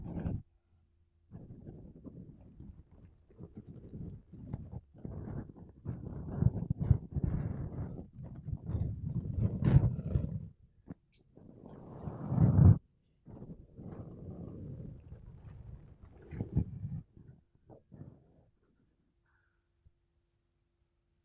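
Makeup brushes and a sponge are rubbed against a microphone, making soft, dense scratchy swishes mostly low in pitch. The strokes come in bursts of a second or two, with brief gaps, a louder rough stretch near twelve seconds, and silence over the last two seconds.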